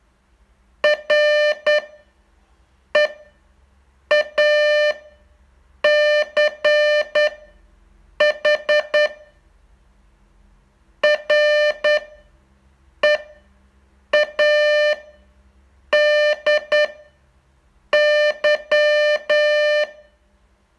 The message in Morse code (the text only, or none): REACH READY